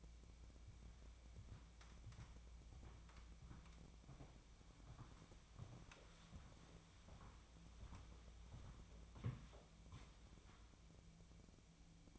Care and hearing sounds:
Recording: daily activity, microphone in the room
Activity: walk to room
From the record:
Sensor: 1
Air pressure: 1000.0 hPa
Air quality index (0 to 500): 129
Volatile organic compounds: 2 ppm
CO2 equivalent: 1228 ppm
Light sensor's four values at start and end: 36/89/38/47 and 37/93/39/48

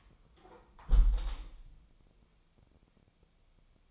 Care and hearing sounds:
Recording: daily activity, microphone in the room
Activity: close window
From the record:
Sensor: 1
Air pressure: 1014.9 hPa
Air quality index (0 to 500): 25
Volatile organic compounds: 0 ppm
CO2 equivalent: 500 ppm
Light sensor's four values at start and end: 11/26/10/11 and 11/26/10/11

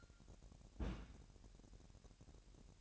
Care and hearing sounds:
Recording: daily activity, microphone in the room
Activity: place on stove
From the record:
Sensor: 2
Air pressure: 1011.9 hPa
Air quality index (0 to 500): 196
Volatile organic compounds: 3 ppm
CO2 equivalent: 1389 ppm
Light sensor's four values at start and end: 75/178/74/72 and 75/178/74/72

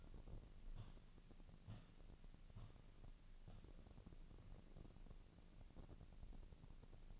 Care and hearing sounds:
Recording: daily activity, microphone in the room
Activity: walk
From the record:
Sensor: 4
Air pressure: 1013.0 hPa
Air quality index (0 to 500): 174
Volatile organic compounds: 2 ppm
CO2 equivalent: 1102 ppm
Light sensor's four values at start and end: 64/159/68/72 and 63/155/66/70

